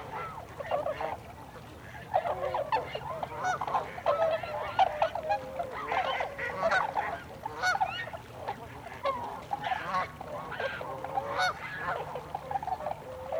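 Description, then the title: Tundra swan flock chorus, overlapping hooting and honking calls in irregular surges, softer between the louder bouts. Recorded 26 December 2020. "2020-12-26-Tundra-Swans"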